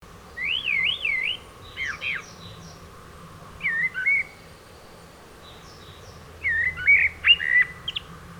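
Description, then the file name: Eurasian blackbird giving a wavering, looping whistle followed by scratchy twitters, then further short fluted phrases spaced a couple of seconds apart. "Turdus merula"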